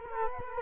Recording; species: mosquito wingbeat signal from an infrared sensor; Culex quinquefasciatus